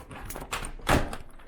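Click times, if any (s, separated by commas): none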